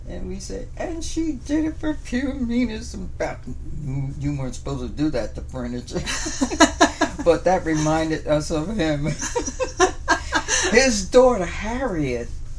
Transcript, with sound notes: We said, "And she did it for pure meanness" and bounced. You weren't supposed to do that to the furniture. But that reminded us of him. (laughs) His daughter Harriet,